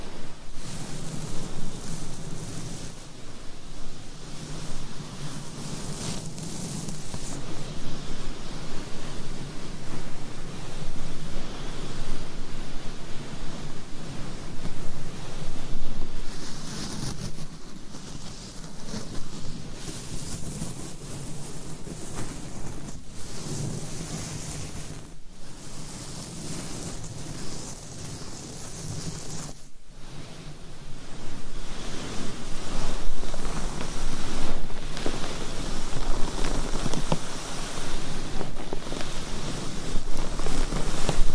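Microphone scratching fills the whole clip as a dense, rough, rushing scrape that blends into a surf-like wash. It surges and eases without a steady beat, with a low hum underneath and brief dropouts near 25 and 30 seconds.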